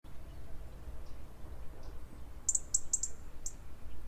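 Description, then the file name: European robin high thin calls, a quick cluster of sharp ticking notes in the second half, over a low steady rumble. "Erithacus rubecula"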